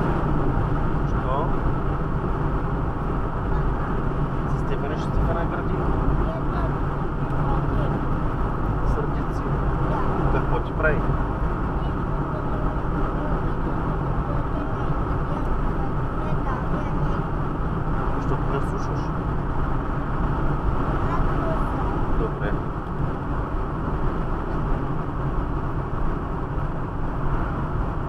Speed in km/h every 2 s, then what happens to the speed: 93, 94, 94, 94, 95, 94, 93, 92, 91, 91, 90, 89, 88, 87.
0-28 steady at about 92.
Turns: none.